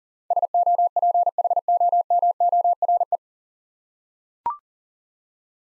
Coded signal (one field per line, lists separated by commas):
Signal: Morse code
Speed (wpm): 40 wpm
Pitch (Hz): 700 Hz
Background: none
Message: SOPHOMORE